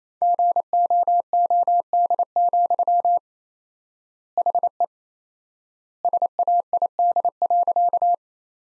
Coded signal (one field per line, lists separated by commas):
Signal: Morse code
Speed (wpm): 28 wpm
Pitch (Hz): 700 Hz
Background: none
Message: GOOD, HE SAID.